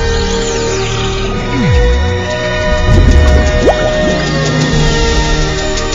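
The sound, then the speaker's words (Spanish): Water droplets floating in the air give a few soft, pitch-bending plinks and bloops, sliding up and down, set against a dense shimmering ambient backdrop with no talking. “Se meten dentro de gotas de agua que flotan en el aire.”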